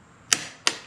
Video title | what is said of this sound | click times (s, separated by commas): Trask Power Plate Install - Harley-Davidson Clutch Upgrade & Red Accent Performance Plate | there's the click. | 0.3 s, 0.7 s